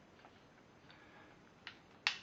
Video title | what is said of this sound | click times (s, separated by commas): Have Gun Will Travel 08 Mechtech CCU Glock 19 | we go i heard that click | 2.1 s